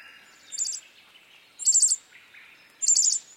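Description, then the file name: Bird calls: three short, very high trilled chirps spaced about a second apart, with a faint lower twitter between them. "BIRD wbsw"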